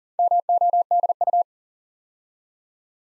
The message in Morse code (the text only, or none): MODU